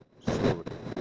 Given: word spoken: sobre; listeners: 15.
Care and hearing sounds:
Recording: one Spanish word in noise, from a listening test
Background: noise modulated by one talker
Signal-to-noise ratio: -9.1 dB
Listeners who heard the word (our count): 5 of 15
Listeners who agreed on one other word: 7 of 15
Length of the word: 0.61 s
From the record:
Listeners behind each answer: 7, 5, 2, 1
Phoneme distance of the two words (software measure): 24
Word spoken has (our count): 2 syllables, 5 phonemes, stress on syllable 1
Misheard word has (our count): 1 syllable, 3 phonemes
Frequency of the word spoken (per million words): 1898.97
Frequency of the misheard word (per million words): 133.28

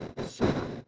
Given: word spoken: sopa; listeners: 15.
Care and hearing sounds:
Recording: one Spanish word in noise, from a listening test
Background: noise modulated by one talker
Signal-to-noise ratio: -9.2 dB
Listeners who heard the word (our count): 1 of 15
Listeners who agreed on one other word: 9 of 15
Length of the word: 0.48 s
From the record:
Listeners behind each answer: 9, 1, 1, 1, 1, 1, 1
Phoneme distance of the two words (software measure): 20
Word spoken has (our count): 2 syllables, 4 phonemes, stress on syllable 1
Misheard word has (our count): 2 syllables, 4 phonemes, stress on syllable 1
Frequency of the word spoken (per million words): 13.26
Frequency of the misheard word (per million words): 60.33

